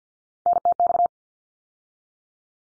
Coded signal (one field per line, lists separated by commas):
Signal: Morse code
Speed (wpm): 50 wpm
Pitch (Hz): 700 Hz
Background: none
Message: NTX